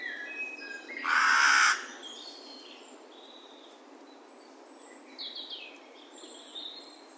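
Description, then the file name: Carrion crow utters a single harsh caw early on, followed by soft, high chirps of small birds. "Corvus corone"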